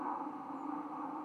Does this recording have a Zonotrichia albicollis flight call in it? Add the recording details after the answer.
no. Another species' flight call is heard. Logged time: 03:44 on 10 November 2014